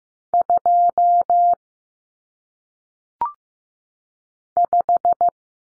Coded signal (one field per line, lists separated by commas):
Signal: Morse code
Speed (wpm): 15 wpm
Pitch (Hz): 700 Hz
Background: none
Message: 2 5